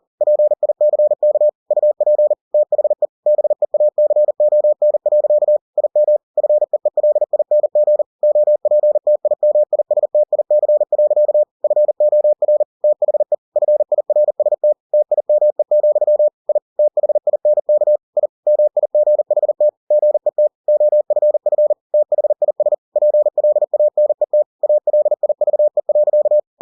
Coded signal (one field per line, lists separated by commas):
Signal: Morse code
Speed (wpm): 40 wpm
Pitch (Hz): 600 Hz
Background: none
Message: PICK UP THE BEACON. IM FEELING OPTIMISTIC. FOR THE FIRST TIME, I THINK I MIGHT GET OFF THIS PLANET ALIVE.